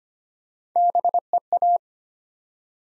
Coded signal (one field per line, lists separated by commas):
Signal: Morse code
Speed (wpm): 25 wpm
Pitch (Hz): 700 Hz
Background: none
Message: BEA